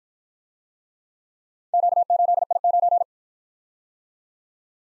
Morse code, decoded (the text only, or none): Q8I9